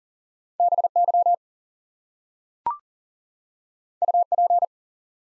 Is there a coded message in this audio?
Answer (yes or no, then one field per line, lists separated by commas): yes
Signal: Morse code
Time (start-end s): 0.6-4.6 s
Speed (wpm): 39 wpm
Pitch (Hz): 700 Hz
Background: none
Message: BY UP